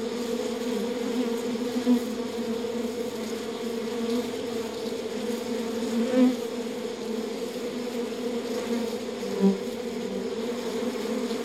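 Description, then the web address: Bee hum, a steady even drone broken by three short louder buzzes near two, six and nine and a half seconds. "пчела"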